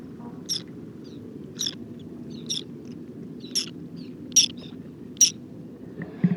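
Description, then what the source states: Whiskered tern contact calls, six short grating notes spaced roughly a second apart above a low background rumble. Wintering flock of two to three hundred birds picking insects from the surface of a shallow lake covered with water lilies and lotus, Cambodia, 13 December 2018, 16:30; characteristic electric contact calls.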